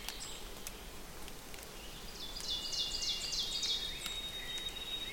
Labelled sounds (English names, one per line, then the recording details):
Ovenbird song
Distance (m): 65 m
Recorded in boreal forest in Alberta, Canada, on 6 June 2016 at 08:43
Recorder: SongMeter 3, array SBT-3-51
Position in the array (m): 216 m, 15 m
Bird 27